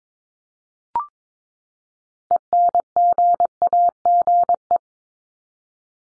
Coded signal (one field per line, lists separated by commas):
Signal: Morse code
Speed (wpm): 22 wpm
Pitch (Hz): 700 Hz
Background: none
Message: ENGAGE